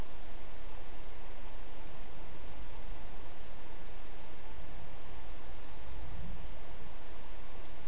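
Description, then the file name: A steady high insect drone runs throughout, with a brief low rumble near the end. "mainly insect"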